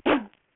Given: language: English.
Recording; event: throat vibration sensor signal played as sound; cough